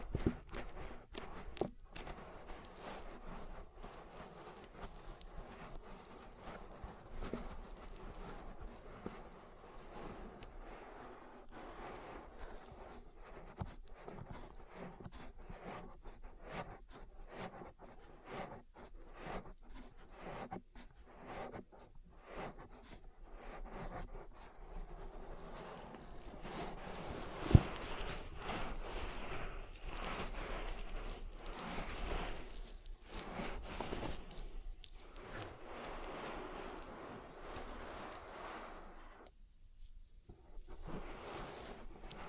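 An oil ear massage, heard as continuous slick rubbing and squishing with dense, quick crackles and clicks. The rubbing grows fuller and busier after about 26 seconds, with one sharp pop near 27 seconds and a brief lull around 39 seconds.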